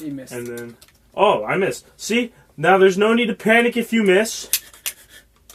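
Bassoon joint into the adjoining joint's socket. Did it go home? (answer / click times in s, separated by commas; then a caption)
yes / 5.5 s. Someone talks while a bassoon joint is fitted into the adjoining joint's socket after a missed first try. A sharp knock is heard at 5.5 s as the joint locks into place.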